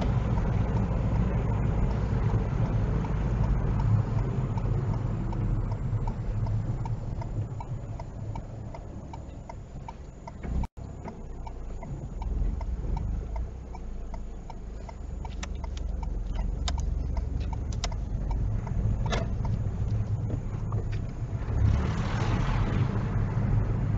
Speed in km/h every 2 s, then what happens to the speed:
18, 13, 8, 2, 0, 0, 0, 5, 10, 10, 18, 15.
0-6 slows to 2. 6-12 standing. 12-20 pulls away to 18.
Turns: none.